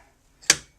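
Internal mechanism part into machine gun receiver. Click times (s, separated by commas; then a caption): 0.5 s. During reassembly of a Browning 1919A4 belt-fed machine gun, a metal internal mechanism part is set in at the front of the receiver. After a faint shuffle, it drops into place with one sharp metallic click at 0.5 s that fades quickly. The part is seated.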